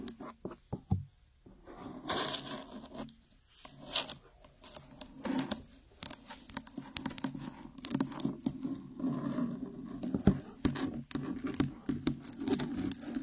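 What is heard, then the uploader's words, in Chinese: Fingernails scratch and tap in quick, irregular strokes, with sharp clicks and short rasping bursts scattered throughout, the louder scrapes near two, four and five seconds. A low steady hum sits underneath, growing more noticeable in the second half. 指甲刮擦。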